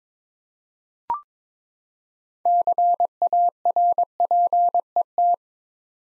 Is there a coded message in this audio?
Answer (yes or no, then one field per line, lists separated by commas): yes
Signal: Morse code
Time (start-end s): 2.5-5.3 s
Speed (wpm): 22 wpm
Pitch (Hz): 700 Hz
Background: none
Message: CARPET